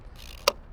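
A Jeep's fuel filler cap, found not clicked after an EVAP code reading "fuel cap loose or off," is twisted on its filler neck until the ratchet catches. A faint click at 0.3 seconds is followed by a sharp, loud ratchet click at 0.5 seconds. The cap is now ratcheted tight.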